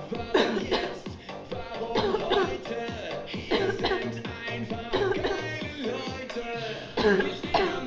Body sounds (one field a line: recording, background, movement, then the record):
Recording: voluntary coughing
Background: music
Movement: sitting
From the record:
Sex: female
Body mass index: 18.3 kg/m2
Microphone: on the chest, facing outward